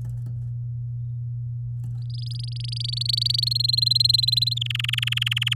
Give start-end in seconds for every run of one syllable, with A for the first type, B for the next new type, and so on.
2.10-3.44 A, 3.46-4.54 B, 4.56-5.54 C